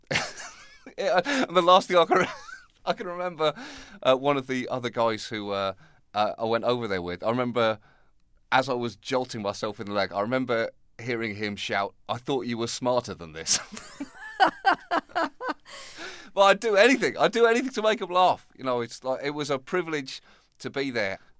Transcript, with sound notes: And the last thing I can remember - one of the other guys who I went over there with - I remember, as I was jolting myself in the leg - I remember hearing him shout, I thought you were smarter than this.
(LAUGHTER)
But I'd do anything. I'd do anything to make them laugh. You know, it was a privilege to be there.